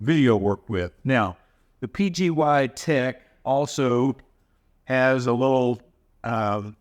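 A man talks while handling a PGYTECH phone vlogging tripod grip, getting ready to fold its bottom foot piece back into the grip. Only his speech is heard, with short pauses between phrases. Nothing has seated or clicked yet.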